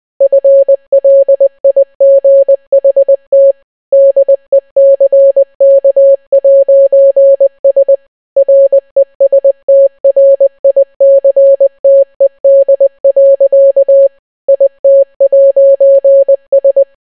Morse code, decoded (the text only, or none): FLIGHT DECK'S RESTRICTED. IT'S